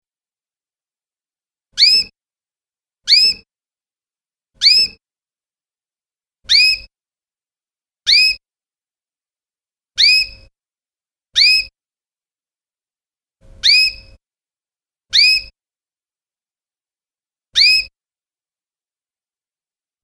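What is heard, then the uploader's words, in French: A canary gives short, bright chirps about every one to two seconds, each a quick clear note with a faint low thump, separated by silence. Cri de canari.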